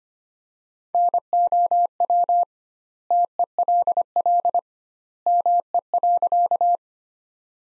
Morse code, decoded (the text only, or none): NOW TELL ME.